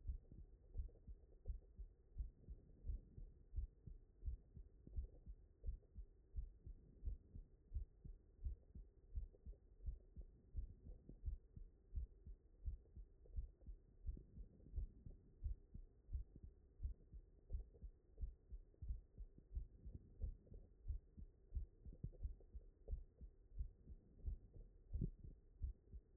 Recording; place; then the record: heart sounds by stethoscope; mitral valve (MV)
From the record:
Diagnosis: non-HFrEF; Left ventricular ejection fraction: 72%